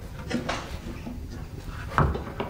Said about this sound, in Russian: Ящик с Володиным накрывают крышкой.